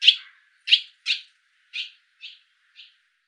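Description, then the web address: Barn swallow calls: a series of six sharp chirps that grow fainter toward the end. "cianscape birddata Deverinetal 2025"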